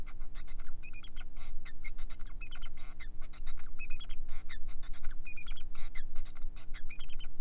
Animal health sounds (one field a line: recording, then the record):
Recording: song of a male Bengalese finch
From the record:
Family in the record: son of father 4